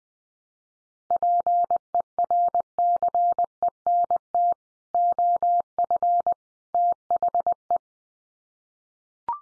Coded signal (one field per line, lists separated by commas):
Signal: Morse code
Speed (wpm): 20 wpm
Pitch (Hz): 700 Hz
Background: none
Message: PERCENT OF THE